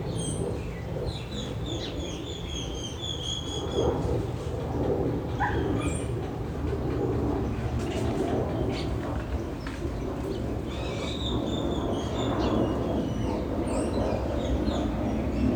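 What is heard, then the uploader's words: Birds sing in a backyard on a morning, with bright chirps and short trills scattered throughout, clustering around the first few seconds and again near eleven to thirteen seconds. Underneath, a steady low roar from a passing plane fills the whole clip. Saturday morning in the backyard with planes and birds singing in Phoenix Arizona. The sun was shining, the Fall weather of 76 degrees, the birds chirping.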